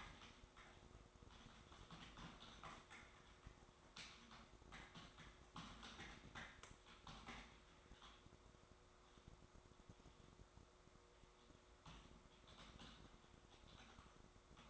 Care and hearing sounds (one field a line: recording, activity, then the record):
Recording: daily activity, microphone in the room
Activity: typing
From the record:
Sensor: 3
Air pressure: 1004.4 hPa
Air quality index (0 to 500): 196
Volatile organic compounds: 14 ppm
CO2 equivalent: 2455 ppm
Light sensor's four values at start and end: 6/16/5/6 and 6/16/5/6